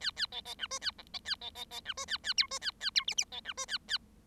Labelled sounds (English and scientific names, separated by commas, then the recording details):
Bengalese Finch (Lonchura striata domestica) song
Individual Bird7